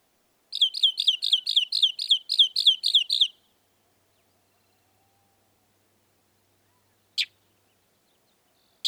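Northern mockingbird song with a quick series of about eleven identical repeated notes, then quiet broken by two sharp clicks.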